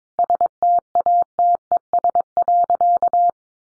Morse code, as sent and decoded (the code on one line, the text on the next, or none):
... - .- - . ... .-.-.-
STATES.